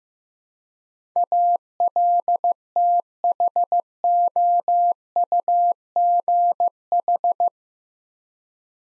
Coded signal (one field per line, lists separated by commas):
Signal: Morse code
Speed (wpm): 15 wpm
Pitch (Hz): 700 Hz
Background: none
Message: ALTHOUGH